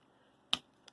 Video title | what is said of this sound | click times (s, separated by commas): Transformers Masterpiece 53 Skids | I mean, you can hear the clicks when you do this, and I think that is a wonderful touch to do that. | 0.5 s, 0.9 s